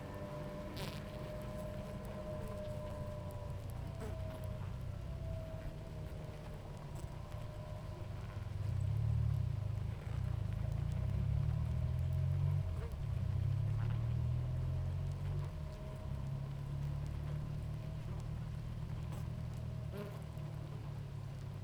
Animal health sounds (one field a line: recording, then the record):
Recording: honeybee colony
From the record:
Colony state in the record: active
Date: 28 July 2017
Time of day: 18:22